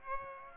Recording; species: mosquito wingbeat signal from an infrared sensor; Aedes aegypti